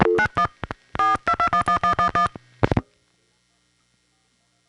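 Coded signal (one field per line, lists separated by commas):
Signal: DTMF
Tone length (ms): 90 ms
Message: 91 42211111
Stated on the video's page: DTMF from a 1975 tape recording of the old telephone network.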